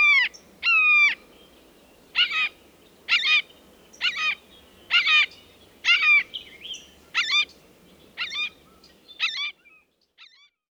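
Red-shouldered hawk calls, loud harsh screams repeated about once a second in a series of about a dozen, fading toward the end, over a faint low background hum.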